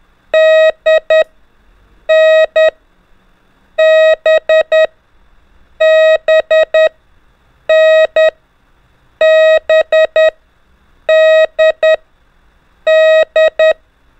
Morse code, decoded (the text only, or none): D N B B N B D D